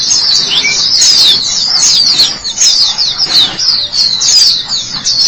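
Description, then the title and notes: White-eye song: rapid, high-pitched twittering warble, continuous and jumbled, with brief dips in volume. Chirping song. "Suara kicauan burung pleci"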